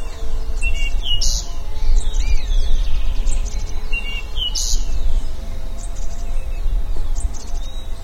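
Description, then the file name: Bird calls, quick bright chirps and curling whistles in short bursts, low steady noise beneath. "SABIOD 50 bird 2015"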